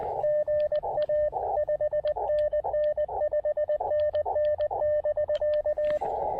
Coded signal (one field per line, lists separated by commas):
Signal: Morse code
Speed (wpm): 19 wpm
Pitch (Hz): 590 Hz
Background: radio noise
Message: GA 5NN 5NN <BK>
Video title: POTA with 500 milliwatts CW and 10 watts SSB using the Elecraft KX2 and PackTenna Random Wire!